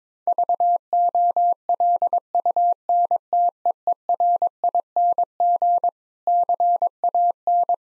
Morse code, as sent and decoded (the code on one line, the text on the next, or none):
...- --- .-.. ..- -. - . . .-. .. -. --. / -.-. .- -.
VOLUNTEERING CAN